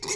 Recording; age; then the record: pig call; weaner (32 to 43 days)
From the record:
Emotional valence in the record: negative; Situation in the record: short isolation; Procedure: open field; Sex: female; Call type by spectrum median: high-frequency call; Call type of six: high-frequency stable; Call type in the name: high-frequency stable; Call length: 0.16 s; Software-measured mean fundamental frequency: 204 Hz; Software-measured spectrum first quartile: 955 Hz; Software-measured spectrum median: 3950 Hz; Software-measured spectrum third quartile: 6271 Hz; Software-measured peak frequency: 390 Hz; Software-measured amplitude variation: 111 dB a second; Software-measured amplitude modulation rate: 9.3 a second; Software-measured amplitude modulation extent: 11.9 dB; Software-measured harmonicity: 2.1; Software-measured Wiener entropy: -1.96